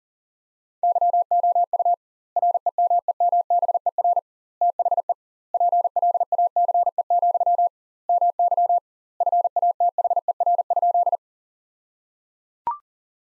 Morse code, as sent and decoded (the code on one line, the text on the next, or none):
-.-- --- ..- / .-. . -- . -- -... . .-. / - .... . / .--. .-.. .- -.-. . --..-- / -- -.-- / ..-. .- - .... . .-. ..--..
YOU REMEMBER THE PLACE, MY FATHER?